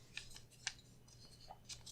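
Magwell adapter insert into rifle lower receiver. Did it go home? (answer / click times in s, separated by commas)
yes / 0.7 s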